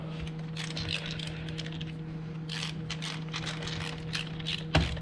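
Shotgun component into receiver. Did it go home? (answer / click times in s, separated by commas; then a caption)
yes / 4.8 s. A metal part is fitted back into the receiver of a Remington 870 Tactical Express pump-action shotgun during reassembly. After a run of soft handling and scraping sounds as the part is lined up, a single sharp click at 4.8 s marks it locking into place. A steady low hum runs underneath throughout.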